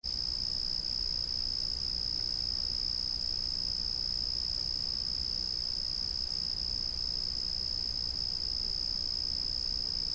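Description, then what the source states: Cricket giving a continuous high, thin trill at unchanging pitch, with a soft low hum in the background. A single cricket calling steadily at night.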